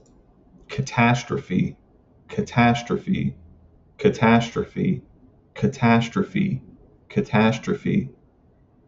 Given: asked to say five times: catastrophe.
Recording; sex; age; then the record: repeated word; male; 20 to 29 years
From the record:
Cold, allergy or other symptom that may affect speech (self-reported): no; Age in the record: 27 years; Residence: Nevada, United States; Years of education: 14